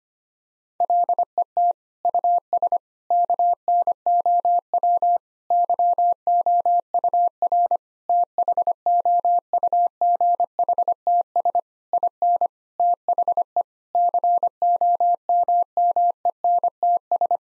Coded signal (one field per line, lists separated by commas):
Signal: Morse code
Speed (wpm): 25 wpm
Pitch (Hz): 700 Hz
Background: none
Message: LET US KNOW YOUR THOUGHTS IN THE COMMENTS